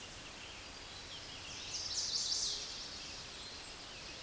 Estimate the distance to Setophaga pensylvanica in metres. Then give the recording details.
about 5 m. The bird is about level with the microphone. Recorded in a Pennsylvania forest on 16 May 2024 at 09:30. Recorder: AudioMoth, point MSD-1849. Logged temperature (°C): 12.1 °C. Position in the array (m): 36 m, 31 m